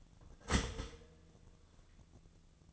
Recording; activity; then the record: daily activity, microphone in the room; start toaster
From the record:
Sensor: 4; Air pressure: 1001.0 hPa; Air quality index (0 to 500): 163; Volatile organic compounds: 2 ppm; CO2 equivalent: 1190 ppm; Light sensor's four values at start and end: 20/47/19/20 and 18/42/17/18